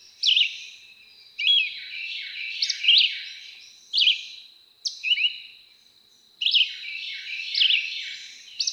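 Red-eyed Vireo singing short whistled phrases, rising and falling, with short pauses between them, over a thin high background hum.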